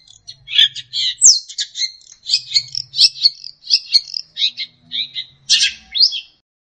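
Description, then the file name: Long-tailed shrike song, a fast varied run of harsh chattering and whistled notes at a quick irregular pace, with brief low rumbles underneath. Master song for training songbirds. "cendet master"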